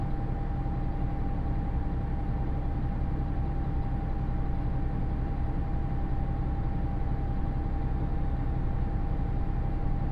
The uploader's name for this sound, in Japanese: 予讃線特急宇和海5号 伊予大洲→宇和島